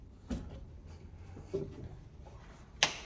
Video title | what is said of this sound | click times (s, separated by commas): honda Civic detailing.... by ARMD | ya escucharon el clack ahí está | 2.8 s